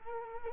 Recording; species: mosquito wingbeat signal from an infrared sensor; Culex quinquefasciatus